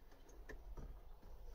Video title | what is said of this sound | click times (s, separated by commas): Ford Mondeo MK5 Wing Mirror Replacement | get somebody if a very thin hands there you go so it clicks | 0.5 s